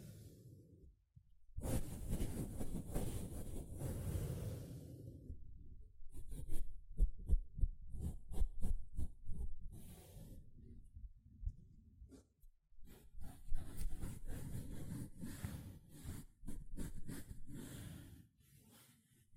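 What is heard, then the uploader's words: Dry sponge sounds: a dense rough scrubbing burst from about 1.5 to 5 seconds, then quick irregular squishes and scratches in short bursts. Near silence sits around 12 seconds before another stretch of busy brushing and squeezing. Sponge Sounds - Scratching, Squishing, Brushing, Cutting.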